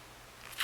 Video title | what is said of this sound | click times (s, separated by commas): Mercedes M156 Engine Health Test Part III Pulling Fuel Injectors-They're Garbage | on there, but it doesn't, of course it doesn't click into place. | none